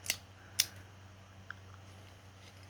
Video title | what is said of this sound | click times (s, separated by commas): Multi tool review | It locks into place. The little vise. | 0.6 s